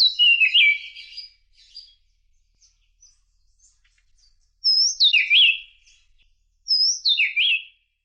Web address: inkaterra asociacion org. Gray-breasted Woodwren